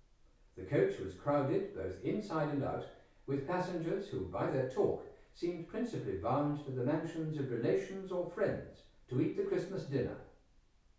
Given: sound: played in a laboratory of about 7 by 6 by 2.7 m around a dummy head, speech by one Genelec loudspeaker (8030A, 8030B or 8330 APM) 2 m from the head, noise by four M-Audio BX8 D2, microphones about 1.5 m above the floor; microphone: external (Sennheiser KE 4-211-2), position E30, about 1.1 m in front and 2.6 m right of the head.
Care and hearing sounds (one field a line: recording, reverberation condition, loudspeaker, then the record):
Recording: male speech in English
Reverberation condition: medium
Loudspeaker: 150 degrees to the right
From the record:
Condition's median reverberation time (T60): about 510 ms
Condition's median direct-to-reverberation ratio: about -0.5 dB